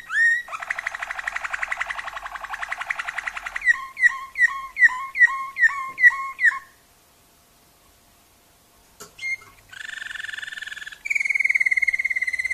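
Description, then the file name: Waterslager canary with a rattling trill, a row of several bubbling notes, a pause, then whistled rolls. Waterslager breed canary; song variations. "kenari waterslager variasi omkicau"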